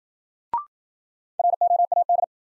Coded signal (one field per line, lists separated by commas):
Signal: Morse code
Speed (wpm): 53 wpm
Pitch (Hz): 700 Hz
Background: none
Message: ROAD